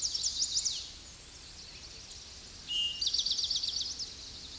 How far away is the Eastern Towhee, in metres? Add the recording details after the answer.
about 15 m. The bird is about 5 m above the microphone. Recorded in a Pennsylvania forest on 16 May 2024 at 07:41. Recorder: AudioMoth, point MSD-2257. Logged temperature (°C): 16.0 °C. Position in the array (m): 181 m, 181 m